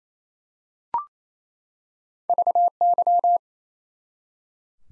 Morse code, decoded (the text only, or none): VY